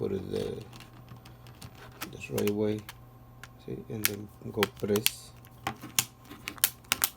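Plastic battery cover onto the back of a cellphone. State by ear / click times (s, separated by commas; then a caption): seated / 6.0 s, 6.6 s, 6.9 s. Someone talks while pressing the plastic battery cover onto the back of an LG LS777 cellphone around its edges. Sharp plastic clicks ring out at 6.0, 6.6 and 6.9 seconds as the clips snap in, and the cover is seated.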